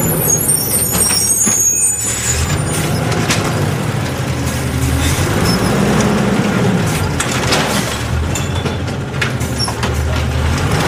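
A garbage truck's engine runs with a steady low rumble throughout, its pitch rising and swelling around the middle before settling again. Scattered clanks and knocks punctuate the drone, and a few high squeaks and whines appear in the first two seconds.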